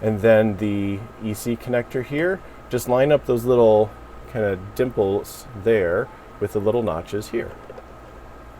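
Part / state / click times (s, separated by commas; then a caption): EC probe bayonet connector onto controller socket / not seated / none. Someone talks while lining up the dimples on an EC probe's bayonet (BNC-type) connector with the notches on a controller socket, ready to push it on and twist it to lock. Only speech and a faint steady background hum are heard. The connector has not seated or clicked yet.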